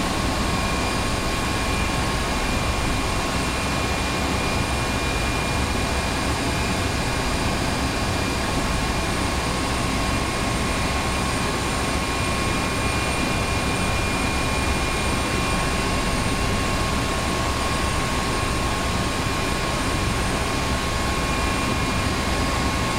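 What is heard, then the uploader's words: A helicopter idles, its engine roar steady and dense for the whole stretch with a fast, fluttering beat from the blades down low. Thin whining tones ride on top, including a high, constant whine, and nothing changes or stops. We bring you the calming sounds of a helicopter idling, recorded from a safe distance. The rhythmic sound of the engine and the whirring of the blades.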